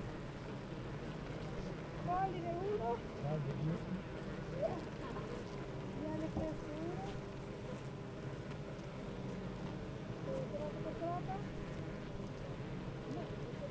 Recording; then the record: honeybee colony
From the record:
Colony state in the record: active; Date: 28 July 2017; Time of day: 8:39